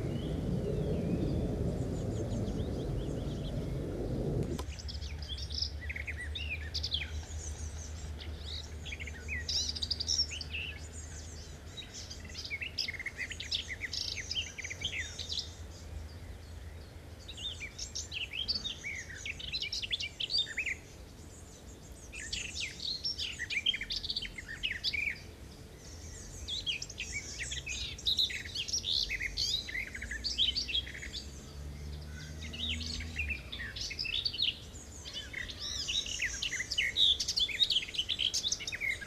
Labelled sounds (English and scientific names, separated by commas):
Common Whitethroat (Sylvia communis) song